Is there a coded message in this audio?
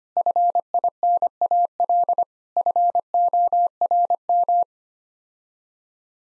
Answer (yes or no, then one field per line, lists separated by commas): yes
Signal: Morse code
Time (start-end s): 0.2-4.6 s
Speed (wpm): 25 wpm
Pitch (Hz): 700 Hz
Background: none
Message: FINAL FORM